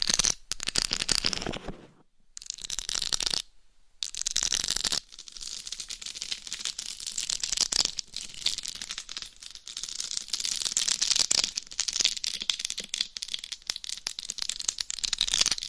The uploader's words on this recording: ASMR Mic Scratching , Tapping & Massage with 15 DIFFERENT MICS Covers & Nails No Talking.